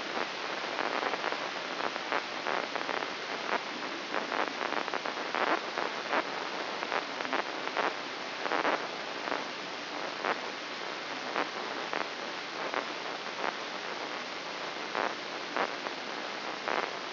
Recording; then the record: brain microelectrode recording played as sound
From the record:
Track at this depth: inside the subthalamic nucleus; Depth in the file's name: 5.108 mm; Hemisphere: left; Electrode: 3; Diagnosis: Parkinson's disease